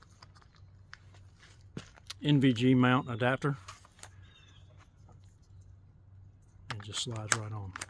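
A compact flashlight is handled and slid onto an NVG mount adapter on a helmet while someone talks, with faint scattered taps and light handling noises between the speech. Nothing has seated or clicked into place yet.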